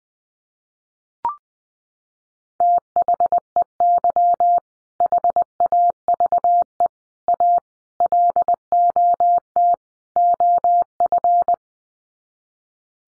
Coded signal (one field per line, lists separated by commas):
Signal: Morse code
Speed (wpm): 20 wpm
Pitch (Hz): 700 Hz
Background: none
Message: THEY HAVE A LOT OF